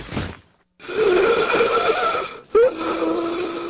This is the sound of an asthma attack.